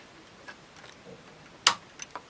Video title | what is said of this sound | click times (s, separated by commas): Do you need a Baby Lock Sashiko Machine? | there we go snapped in place | 1.7 s